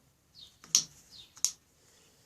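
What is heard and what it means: While rewiring an opposed twin engine, rewired metal wire terminals are pushed back into a plastic plastic connector housing, with a soft scraping slide before each one. Two sharp clicks ring out at 0.8 s and 1.4 s as the terminals seat in the housing.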